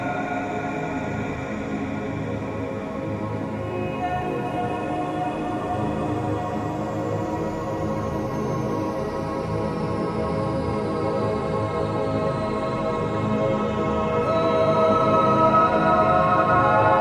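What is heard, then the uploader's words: Gamma binaural beats: a dense, steady drone of many sustained tones stacked from deep bass up through the mids, with a faint shimmering hiss above that slowly dulls over the first half. The layers hold constant, growing slightly louder after about fourteen seconds. Genius Brain Frequency - Gamma Binaural Beats.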